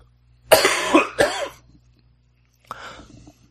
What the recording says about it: I got a little bit of a tickle in my throat here. I got to cough again.